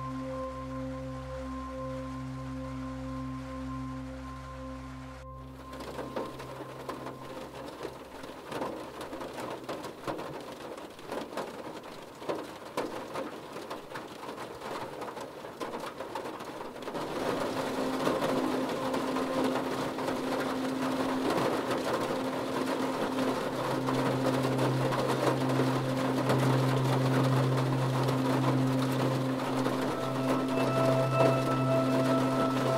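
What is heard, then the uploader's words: Rain falls steadily with a dense patter that thickens after seventeen seconds, while a low steady hum drones beneath, stopping near five seconds and returning. Sounds of rain.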